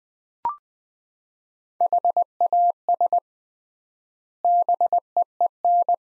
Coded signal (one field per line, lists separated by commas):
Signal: Morse code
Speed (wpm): 20 wpm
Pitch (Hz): 700 Hz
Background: none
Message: HAS BEEN